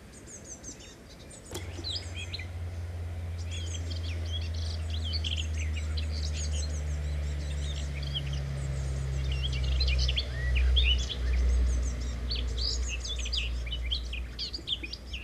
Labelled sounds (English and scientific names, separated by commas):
Common Whitethroat (Sylvia communis) song